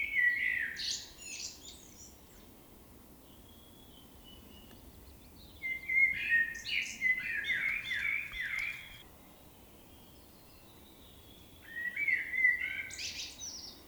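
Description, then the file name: Common blackbird singing three separate phrases, each a liquid whistled warble topped with squeaky high notes, separated by pauses of several seconds. "Turdus merula"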